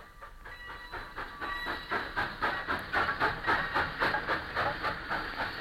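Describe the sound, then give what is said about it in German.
A steam locomotive chuffs in a steady, quickening rhythm of loud, breathy puffs over a continuous hiss of steam, with no voices. “Schon am nächsten Tage fuhren die Gymnasiasten mit den schnaufenden Zügen heim.”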